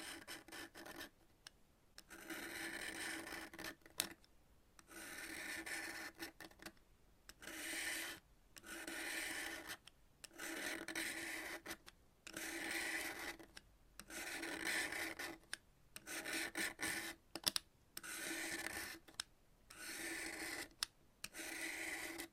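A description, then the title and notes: Chalk being cut, with gritty, rasping strokes repeating about every second or so, each separated by a brief silence. The scraping is bright and hissy, with a low steady undertone, and the strokes stay even in loudness and pace throughout. Chalk Cutting. No Talking.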